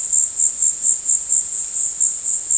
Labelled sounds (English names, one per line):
none